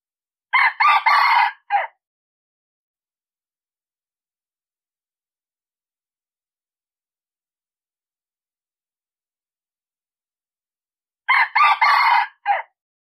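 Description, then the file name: Red junglefowl crow given twice, each a harsh four-part phrase ending in a short clipped note, with a long silence between. Male crowing. "Tieng Ga Trong Rung gay"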